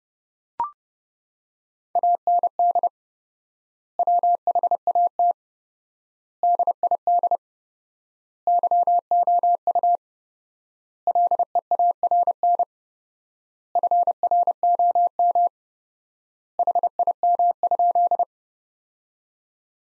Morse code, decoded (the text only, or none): AND WHAT DID YOU LEARN FROM HIM?